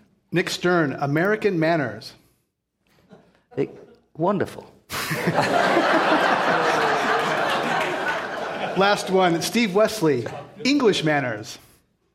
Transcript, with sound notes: Nick Stern, American manners.
Wonderful.
[Laughter]
Last one, Steve Westly, English manners.